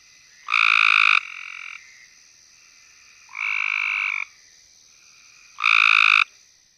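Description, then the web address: Cope's gray treefrog giving short, harsh trills of about a second, three bursts spaced two to three seconds apart, over a steady high hum. "Frog Hyla Chrysoscelis"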